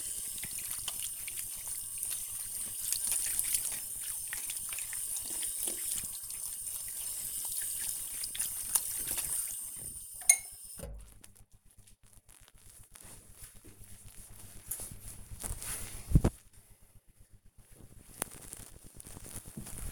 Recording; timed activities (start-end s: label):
household activities, microphone on the right wrist
0.00-11.08 s: washing hands